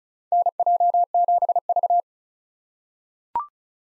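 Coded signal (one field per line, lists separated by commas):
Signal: Morse code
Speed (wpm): 36 wpm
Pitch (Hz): 700 Hz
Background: none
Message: NJ7V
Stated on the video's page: Morse code drill of common SOTA activator call signs for head-copy at 35 wpm; each call sent, spoken, then sent again.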